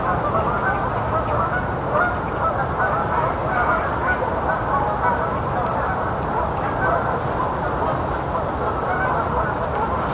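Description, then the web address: Canada goose: canada geese calling together, an unbroken wall of harsh overlapping honks that stays even in loudness from start to finish. "Canada Geese"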